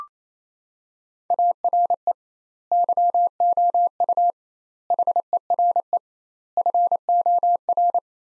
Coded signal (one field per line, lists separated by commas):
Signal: Morse code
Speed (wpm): 28 wpm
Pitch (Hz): 700 Hz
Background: none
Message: ARE YOU HERE FOR